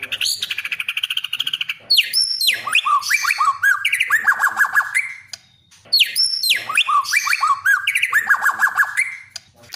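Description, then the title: Oriental magpie-robin opening with a buzzy rattle, then repeating a cascade of descending whistled notes about every four seconds. "kacer"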